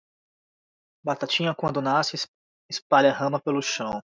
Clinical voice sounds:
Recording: short text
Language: Brazilian Portuguese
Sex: male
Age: 40 to 49 years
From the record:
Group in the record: control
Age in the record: 41 years

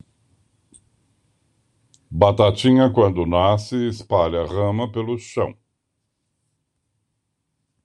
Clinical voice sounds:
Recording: short text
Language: Brazilian Portuguese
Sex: male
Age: 60 to 69 years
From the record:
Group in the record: control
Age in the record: 65 years

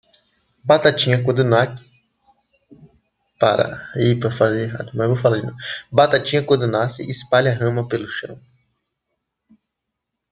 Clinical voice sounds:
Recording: short text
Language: Brazilian Portuguese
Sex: female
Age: 30 to 39 years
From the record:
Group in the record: control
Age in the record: 30 years

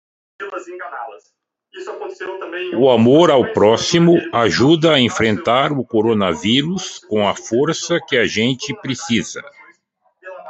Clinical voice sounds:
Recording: spoken sentence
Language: Brazilian Portuguese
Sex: male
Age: 50 to 59 years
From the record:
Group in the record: control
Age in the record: 55 years

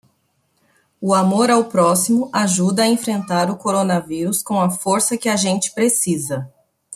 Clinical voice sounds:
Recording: spoken sentence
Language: Brazilian Portuguese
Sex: female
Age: 30 to 39 years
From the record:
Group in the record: control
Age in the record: 39 years

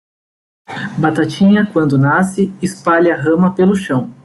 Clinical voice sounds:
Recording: short text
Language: Brazilian Portuguese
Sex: male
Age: 20 to 29 years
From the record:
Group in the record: control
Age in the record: 27 years

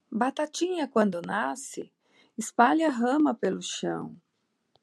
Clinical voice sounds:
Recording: short text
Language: Brazilian Portuguese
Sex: female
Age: 50 to 59 years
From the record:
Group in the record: control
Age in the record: 51 years

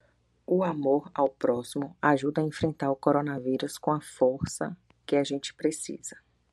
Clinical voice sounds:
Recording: spoken sentence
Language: Brazilian Portuguese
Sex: female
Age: 40 to 49 years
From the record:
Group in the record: control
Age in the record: 42 years

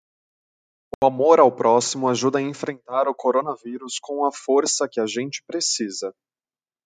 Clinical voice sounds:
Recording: spoken sentence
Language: Brazilian Portuguese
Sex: male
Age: 30 to 39 years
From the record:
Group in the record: control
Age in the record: 30 years

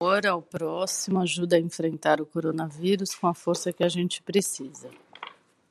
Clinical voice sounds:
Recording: spoken sentence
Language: Brazilian Portuguese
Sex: female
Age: 30 to 39 years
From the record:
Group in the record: control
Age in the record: 38 years

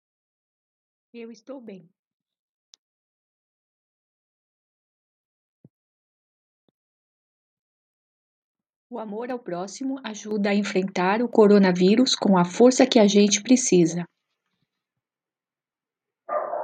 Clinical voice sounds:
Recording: spoken sentence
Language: Brazilian Portuguese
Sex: female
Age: 50 to 59 years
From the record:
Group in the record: control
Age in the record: 59 years

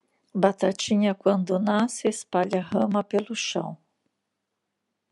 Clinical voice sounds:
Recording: short text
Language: Brazilian Portuguese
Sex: female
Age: 50 to 59 years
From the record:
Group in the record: control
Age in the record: 55 years

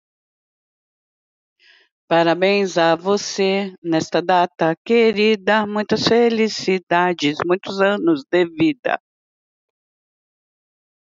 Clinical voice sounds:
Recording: short text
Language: Brazilian Portuguese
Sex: female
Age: 50 to 59 years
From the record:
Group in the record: control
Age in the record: 55 years

